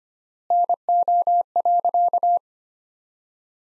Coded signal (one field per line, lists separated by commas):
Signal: Morse code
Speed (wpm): 25 wpm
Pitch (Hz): 700 Hz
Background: none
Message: NO.